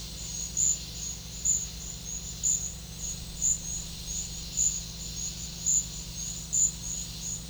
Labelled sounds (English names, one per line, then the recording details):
none
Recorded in pastures near Puerto Asís, Putumayo, Colombia, on 8 March 2025 at 11:30
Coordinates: 0.502, -76.324
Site GP07